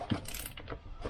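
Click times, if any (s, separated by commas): none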